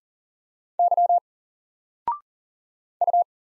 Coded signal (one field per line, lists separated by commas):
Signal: Morse code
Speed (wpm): 42 wpm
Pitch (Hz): 700 Hz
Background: none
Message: Y U